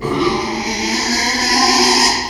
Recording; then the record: squeal of a Yucatan mini pig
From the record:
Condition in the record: after surgery on the right vocal fold (resection and tissue-engineered implant); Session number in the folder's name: 2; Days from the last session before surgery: 13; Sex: male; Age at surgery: 12 weeks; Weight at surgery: 13 kg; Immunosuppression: cyclosporine, prednisolone